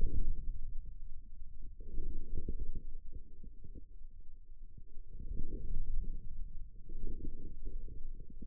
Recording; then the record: forearm muscle sounds (acoustic myography)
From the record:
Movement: inward rotation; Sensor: system 2, bracelet of six BSWA MPA416 microphones around the upper forearm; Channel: 5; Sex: male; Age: 22 years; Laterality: right